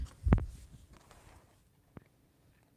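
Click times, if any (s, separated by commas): 0.3 s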